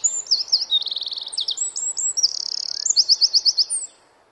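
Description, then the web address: Eurasian wren song: a loud, rapid, high-pitched burst of trills and sharp notes lasting about four seconds, ending in a fast rattling series, then silence. "Bird Song Site Wren - Roitelet"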